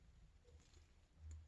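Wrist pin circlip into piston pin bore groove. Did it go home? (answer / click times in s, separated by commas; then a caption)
no / none. A metal retaining ring (circlip) for the wrist pin is handled at the piston pin bore groove during reassembly of an Arctic Cat ZR 600 EFI engine. Faint light taps and handling noises sit over a low background, with a brief bright tick near 1.3 seconds. Nothing has seated or clicked yet.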